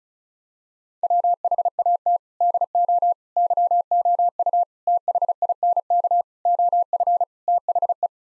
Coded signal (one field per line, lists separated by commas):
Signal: Morse code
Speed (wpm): 34 wpm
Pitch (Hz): 700 Hz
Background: none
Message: WHAT DO YOU THINK OF THE